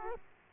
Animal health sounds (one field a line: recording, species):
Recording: mosquito wingbeat signal from an infrared sensor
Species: Aedes aegypti